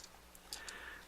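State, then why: Seated. The plastic knee ratchet joint on a transforming robot toy's leg is bent a couple of ratchet clicks, giving faint, short ticks. The clearest click comes at 0.5 s, and softer ticks follow around 0.7 s. The knee clicks into position and is seated.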